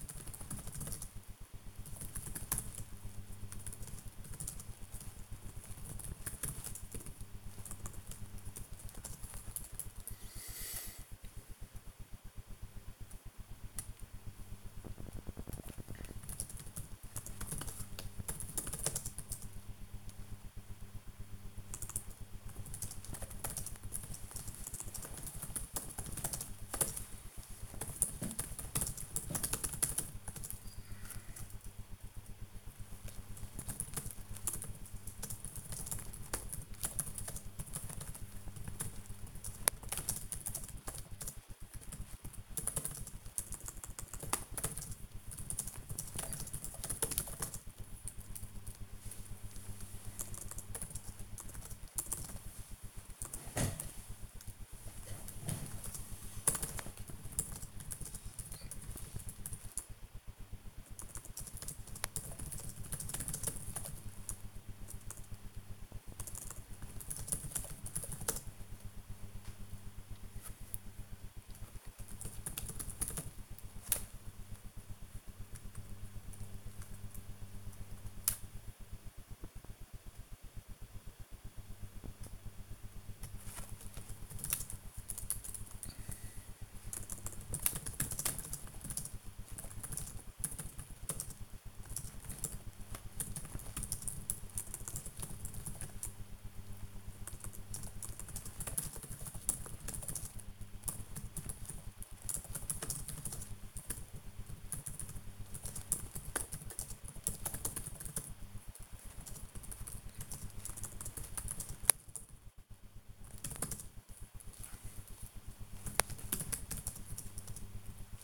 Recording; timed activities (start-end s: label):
household activities, microphone on the right wrist
0.00-33.20 s: working on the computer
38.21-118.24 s: working on the computer